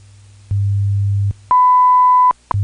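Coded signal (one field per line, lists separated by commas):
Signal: radio time signal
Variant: WWV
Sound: low hum, then a clean high tone of almost a second, then a tick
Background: low hum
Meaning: The long 1 kHz tone marks the exact start of the minute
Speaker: at the tone 19 hours 18 minutes coordinated universal time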